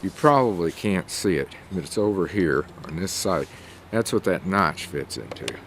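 A Henry AR-7 Survival Rifle barrel is handled with its sight up, lined up so its notch can fit into a locating spot on the receiver. Someone talks throughout over faint handling noise. Nothing has seated or clicked yet.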